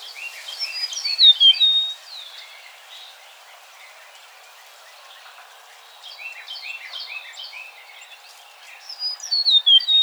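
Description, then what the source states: Eastern meadowlark sending out clustered runs of sharp, slurred high notes in three bursts, separated by quieter stretches of background hiss. Recorded 2007-01-04.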